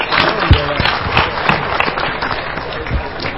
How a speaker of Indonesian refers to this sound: Monggo, tepuk tangan semuanya untuk Bapak Lurah ya.